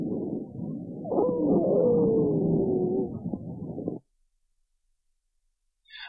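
Loud harsh breath sound from a horse's lungs with a sustained musical whistle and crackling: an extreme case of pathological lung sounds, so distinct that even an untrained listener can recognize them.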